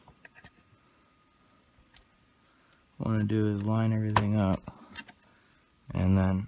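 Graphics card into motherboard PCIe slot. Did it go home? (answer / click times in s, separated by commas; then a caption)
no / none. A graphics card is positioned and aligned over the motherboard's PCIe slot inside the case, ready to be pushed in. Faint taps and clicks of handling come at about 0.1, 0.3, 2.0 and 5.1 seconds, and someone talks from about 3.0 to 4.6 seconds and again near the end. The card has not seated or clicked into the slot yet.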